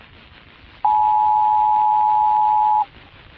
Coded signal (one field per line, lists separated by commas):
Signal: Emergency Alert System (SAME) tones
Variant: 853 and 960 Hz attention tone